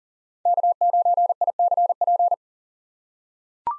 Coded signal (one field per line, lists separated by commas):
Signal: Morse code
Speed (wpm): 39 wpm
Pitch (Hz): 700 Hz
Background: none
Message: K9ICP